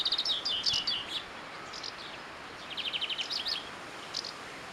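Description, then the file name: European greenfinch giving quick high twittering trills in short bursts, a cluster at the start and another rapid trill past the midpoint, over soft background hiss. "Chloris chloris"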